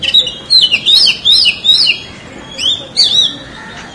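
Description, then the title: Oriental magpie-robin song: whistled phrases with slurred rising and falling notes, given in quick bursts with short pauses between. "Kacer"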